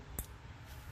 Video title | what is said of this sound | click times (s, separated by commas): Honda Accord 1.5L Turbo Sparkplug & Ignition Coil Replacement Change 2023 and Others Similar DIY | it up, put it in, you're going to hear it click. Once you hear it click, then it's good. | 0.2 s